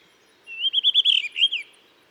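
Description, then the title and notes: Blue rock thrush song: one clear warbled phrase of quick, looping whistled notes lasting about a second, sweet and fluty, with a quiet background. Sings to mark territory all morning, changing perches regularly; warm rocky cliff, Dentelles de Montmirail, 12 March 2020, 7:25 am; recorded with Nagra seven and Telinga pro7. "12 mars 2020-7h25-Dentelles de Montmirail - Des le lever du jour un Monticole bleu (Monticola solitarius) se signale en alarmant dans la falaise, ensuite il se met à chanter pour marquer son territoire."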